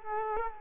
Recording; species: mosquito wingbeat signal from an infrared sensor; Culex quinquefasciatus